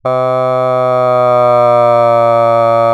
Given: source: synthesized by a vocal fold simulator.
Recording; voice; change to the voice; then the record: sustained vowel; male; asymmetry, level 5 of 51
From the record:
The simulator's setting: 1.40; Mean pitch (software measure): 122 Hz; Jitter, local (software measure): 0.18%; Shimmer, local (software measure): 0.8%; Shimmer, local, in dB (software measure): 0.06 dB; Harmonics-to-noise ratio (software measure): 38.6 dB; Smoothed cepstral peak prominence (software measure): 25.5 dB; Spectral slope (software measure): -17.3 dB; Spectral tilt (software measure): -11.8 dB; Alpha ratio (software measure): -7.7 dB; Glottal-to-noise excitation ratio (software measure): 0.987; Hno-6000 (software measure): 2.5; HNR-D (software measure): 28.6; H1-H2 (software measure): 4.3 dB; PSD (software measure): 3.4e-04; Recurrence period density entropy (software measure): 0.111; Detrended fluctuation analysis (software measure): 0.0545